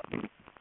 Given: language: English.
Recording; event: throat vibration sensor signal played as sound; swallow